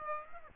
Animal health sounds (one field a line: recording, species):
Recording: mosquito wingbeat signal from an infrared sensor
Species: Aedes aegypti